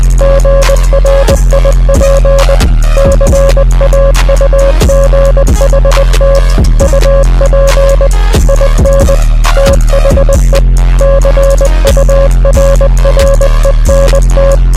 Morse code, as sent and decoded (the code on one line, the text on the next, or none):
--. .-. .. .--. / -.-. .- ..- --. .... - / ..- .--. / .. -. / - .... . / -.-. ..- .-. .-. . -. -
GRIP CAUGHT UP IN THE CURRENT